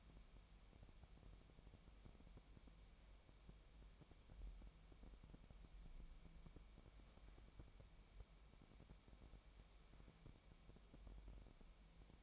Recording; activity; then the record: daily activity, microphone in the room; wipe stove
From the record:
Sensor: 1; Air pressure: 1003.3 hPa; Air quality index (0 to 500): 198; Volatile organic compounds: 6 ppm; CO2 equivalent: 1900 ppm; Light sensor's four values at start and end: 10/25/10/12 and 11/25/10/12